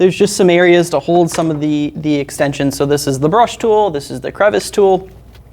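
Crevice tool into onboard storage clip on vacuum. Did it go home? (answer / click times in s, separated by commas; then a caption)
no / none. Someone talks while handling the brush tool and the plastic crevice tool at the onboard storage on the back of a Hoover Hustone 15+ upright vacuum cleaner, where the crevice tool goes into a groove-shaped storage clip. Nothing has seated or clicked yet; the clip ends with only a faint short sound at 5.4 s after the talking stops.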